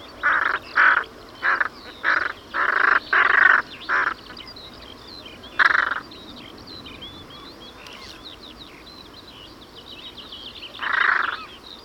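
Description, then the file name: Carrion crow giving harsh, hoarse caws in a quick run of about eight within four seconds, then two lone caws later, with small birds twittering in the background. "Corvus corone"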